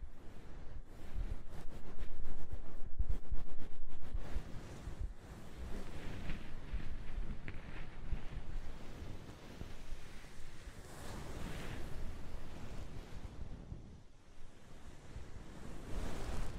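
Soft, fluffy ASMR triggers rub and brush against the microphone. The first five seconds are louder, with quick crackly rustles; after that the sound turns into smoother swishing strokes that swell and fade, dipping briefly near 14 seconds, over a steady low whooshing rumble.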